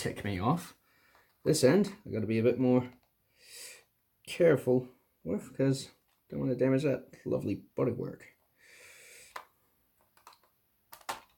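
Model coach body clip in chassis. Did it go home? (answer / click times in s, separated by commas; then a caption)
released / 10.9 s. Someone talks while carefully working the second end of a plastic model coach body free of its chassis, taking care not to damage the bodywork, with a tweezer end tucked under the lug of the first end so it won't lock back in. After a few faint ticks, the clip releases with a sharp click at 10.9 s, and the body's other end comes unclipped.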